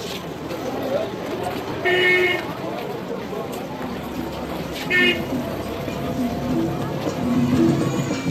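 At midday in the heat, car horns honk twice in short, bright bursts over a steady rumble of busy traffic as cars unable to park circle the stock exchange, with a murmur of activity running underneath throughout.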